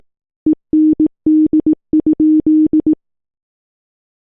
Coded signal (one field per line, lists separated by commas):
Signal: Morse code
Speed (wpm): 18 wpm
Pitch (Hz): 310 Hz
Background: none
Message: END?